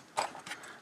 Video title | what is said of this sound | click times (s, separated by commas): Harder & Steenbeck Evolution 2 in 1 CR Plus Scale Model Tool Review | I just heard it click. | 0.5 s